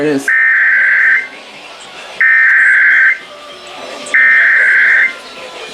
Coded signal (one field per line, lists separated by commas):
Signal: Emergency Alert System (SAME) tones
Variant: header bursts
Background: speech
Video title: First Monthly Test of 2024 - Florida Required Monthly Test for January 2024 (1/19/24) (New EAS 336)